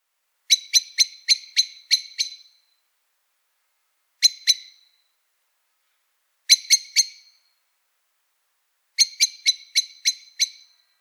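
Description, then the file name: Eurasian blackbird chinking: a rapid series of seven sharp notes, then short groups of two and three, and a final run of several, all high and clicky. "Turdus merula"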